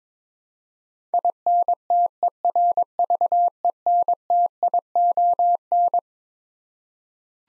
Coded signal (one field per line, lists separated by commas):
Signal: Morse code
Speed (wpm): 22 wpm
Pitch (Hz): 700 Hz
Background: none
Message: INTERVENTION